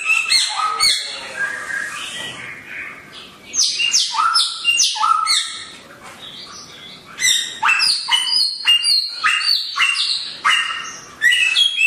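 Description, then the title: Songbird song: bursts of rich whistles and harsh rasping notes, with quieter spells between the loud bursts. Songbird named Samyong, said to be worth one billion, singing actively (gacor) with piercing volume (volume tembus). "SAMYONG 1 MILYAR GACOR VOLUME TEMBUS [Burung Kicau"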